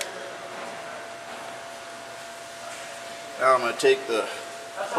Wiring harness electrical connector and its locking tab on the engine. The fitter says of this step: just take it and push it in click click and then snap that in there now